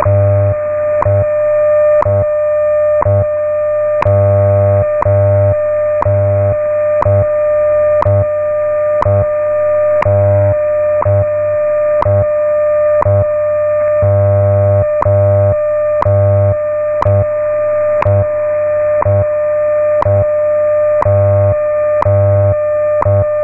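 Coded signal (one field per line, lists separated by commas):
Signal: radio time signal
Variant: WWV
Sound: steady buzzy audio tone with a short tick about every second, for 23 seconds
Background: radio static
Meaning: Each tick marks one second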